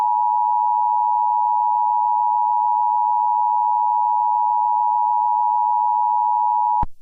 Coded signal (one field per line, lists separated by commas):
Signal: Emergency Alert System (SAME) tones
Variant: 853 and 960 Hz attention tone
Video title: TWISTERWORK: An EAS Scenario